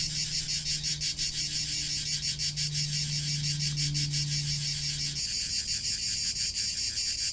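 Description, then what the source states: Cicadas buzzing in a high, rapidly pulsing chorus. A low hum drones beneath and stops after about five seconds. Cicada song used as a calming backdrop for a guided nap meditation in Provence.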